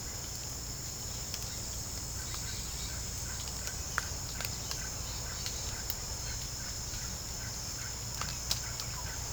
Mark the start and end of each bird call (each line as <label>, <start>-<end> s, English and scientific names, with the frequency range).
Russet-backed Oropendola (Psarocolius angustifrons) (0.6-3.1 kHz), 2.12-9.32 s